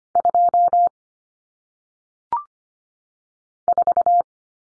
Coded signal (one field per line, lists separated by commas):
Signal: Morse code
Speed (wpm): 25 wpm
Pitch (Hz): 700 Hz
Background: none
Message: 2 4